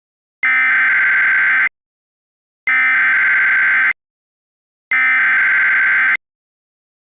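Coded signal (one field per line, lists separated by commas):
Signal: Emergency Alert System (SAME) tones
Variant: header bursts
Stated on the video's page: Fictional EAS mock about New Mexico fires, a remake.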